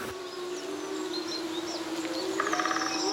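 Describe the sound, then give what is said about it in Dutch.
Wolves howl in long, drawn-out wails, one low sustained tone holding steady while higher wavering calls rise and fall, with scattered bird sounds, including a great spotted woodpecker, over the top and no talking. “Ik hoor gehuil, ja hoor, zeker.”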